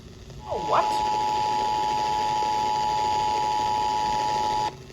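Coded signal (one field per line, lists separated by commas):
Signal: Emergency Alert System (SAME) tones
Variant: 853 and 960 Hz attention tone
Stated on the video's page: EAS SAME tones of a Shasta County Required Monthly Test, relayed twice.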